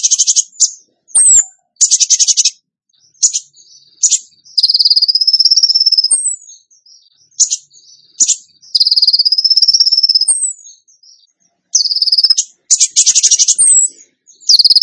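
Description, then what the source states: Bird song mixing short chattering bursts, sweeping whistled slurs and sustained buzzy trills, delivered in varied phrases with brief pauses between them. Masteran (training recording) for birds, in the tembakan gacor song style.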